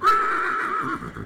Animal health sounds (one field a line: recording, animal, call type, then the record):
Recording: contact call of a hoofed animal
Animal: horse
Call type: whinny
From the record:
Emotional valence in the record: positive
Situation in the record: reunion with one group member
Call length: 1.26 s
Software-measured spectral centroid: 2160 Hz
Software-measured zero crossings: 2400 a second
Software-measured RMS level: -23 dBFS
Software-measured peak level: -11 dBFS